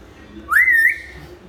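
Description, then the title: Hill myna giving one loud, full whistle that rises, holds with a slight wobble, then fades. Hill myna (beo) described as gacor, recorded as a tutor (masteran) recording for training other birds. "Suara Burung Beo Gacor Cocok Untuk Masteran"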